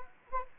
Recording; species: mosquito wingbeat signal from an infrared sensor; Anopheles arabiensis